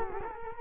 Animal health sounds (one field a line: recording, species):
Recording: mosquito wingbeat signal from an infrared sensor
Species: Culex quinquefasciatus